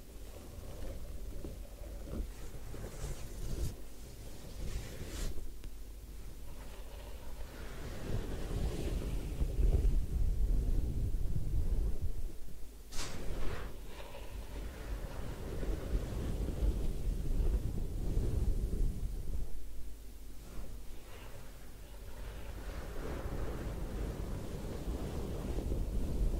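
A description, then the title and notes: Hair washing and scalp massage at a head spa, heard as dense, low rumbling and rustling that swells and eases in waves, loudest around 9–12 and 16–19 seconds. Brief sharp crackles cut through near 5 and 13 seconds. Head Spa Hair Wash, Massage, Ear Cleaning.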